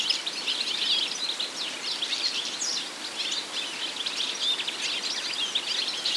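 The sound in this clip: European goldfinch song, a lively stream of sweet twitters and quick buzzy notes with a few clear whistles, heard over steady background hiss.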